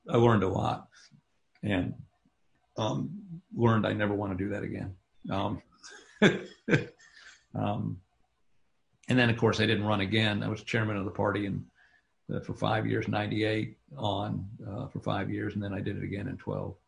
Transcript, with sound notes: I learned a lot and learned I never want to do that again. (laughs) And then of course, I didn’t run again. I was Chairman of the Party and for five years – ‘98 on for five years and then I did it again in ‘12.